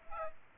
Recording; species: mosquito wingbeat signal from an infrared sensor; Aedes aegypti